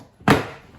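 A floor board is pushed into position between the tubes of a Nemaxx 380 cm inflatable boat and snaps into place with a single solid thunk at 0.3 s. The panel is seated and locked in, and it went in easily.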